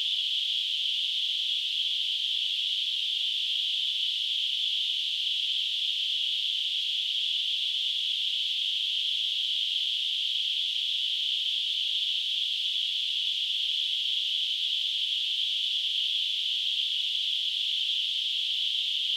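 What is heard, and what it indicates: A steady, unbroken high hiss centred around 3 to 4 kHz holds at an even loudness for the full 19 seconds, with no low sound. It is a simulation of hissing-type tinnitus, the noise a sufferer hears in the ears.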